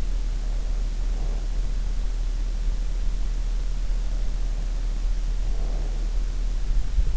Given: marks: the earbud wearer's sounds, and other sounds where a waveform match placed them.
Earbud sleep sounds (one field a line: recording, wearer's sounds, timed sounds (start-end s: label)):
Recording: sounds in sleep by an in-ear microphone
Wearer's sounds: breath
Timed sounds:
0.00-1.72 s: breath
4.14-6.18 s: breath